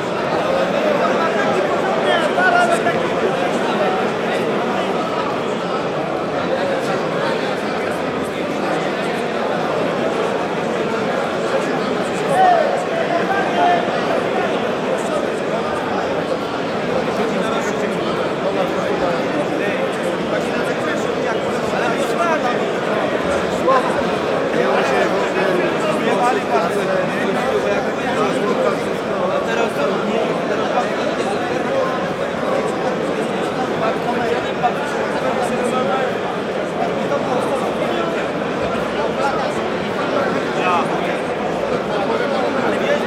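A large crowd of people talks at once, their voices blending into a dense, steady wall of chatter with no single speaker standing out. The murmur holds an even level for the whole stretch, centered in the middle of the voice range, with echo smearing the voices together.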